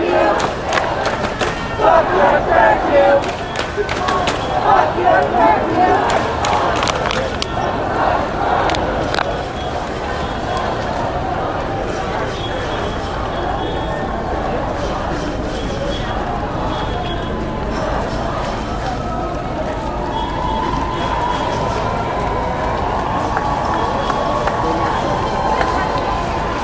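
A crowd at a peaceful protest in New York City, a dense wash of overlapping voices and shouting that never lets up. The first ten seconds are louder and busier with raised calls, then the chatter settles into a steadier murmur with a sustained tone later on.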